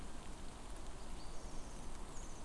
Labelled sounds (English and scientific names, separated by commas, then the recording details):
Song Thrush (Turdus philomelos)
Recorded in Germany
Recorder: ecoPi